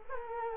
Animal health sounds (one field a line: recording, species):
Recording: mosquito wingbeat signal from an infrared sensor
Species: Culex quinquefasciatus